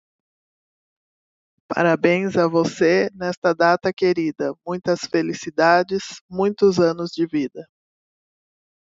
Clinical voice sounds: short text; Brazilian Portuguese; female; 40 to 49 years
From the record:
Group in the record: control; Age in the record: 46 years

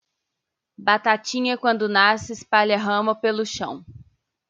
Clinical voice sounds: short text; Brazilian Portuguese; female; 30 to 39 years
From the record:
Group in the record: control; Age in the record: 33 years

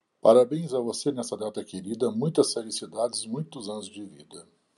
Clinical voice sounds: short text; Brazilian Portuguese; male; 60 to 69 years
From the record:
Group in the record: control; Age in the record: 67 years

